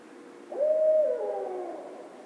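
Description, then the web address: Barred Owl hoot: a single drawn-out call that starts abruptly, holds a steady tone, then slurs downward and trails off over about a second, with quiet background hiss. Recorded 16 March 2010. "Barred Owl 2010 03 16 Barred Owl 01"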